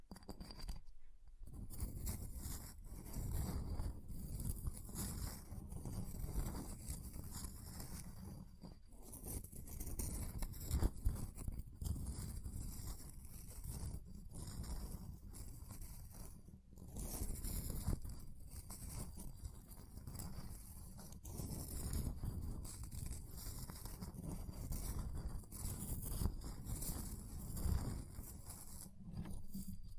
Ice Tapping, Scratching, Carving Sounds